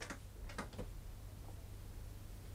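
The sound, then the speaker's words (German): A door opens with a few short, dry clicks and knocks in quick succession, then a softer bump, all fairly faint over a steady low hum. “Schließen Sie gefälligst die Tür.”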